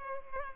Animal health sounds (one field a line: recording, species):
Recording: mosquito wingbeat signal from an infrared sensor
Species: Culex pipiens